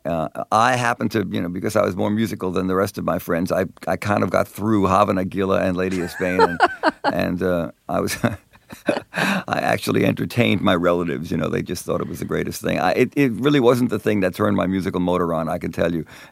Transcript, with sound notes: I happened to - you know, because I was more musical than the rest of my friends, I kind of got through "Hava Nagila" and "Lady Of Spain." And I was...
(LAUGHTER)
I actually entertained my relatives, you know, they just thought it was the greatest thing. It really wasn't the thing that turned my musical motor on, I can tell you.